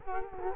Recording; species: mosquito wingbeat signal from an infrared sensor; Culex quinquefasciatus